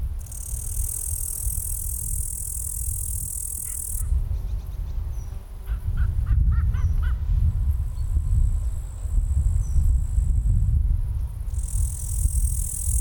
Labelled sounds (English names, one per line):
Upland Green Bush-cricket stridulation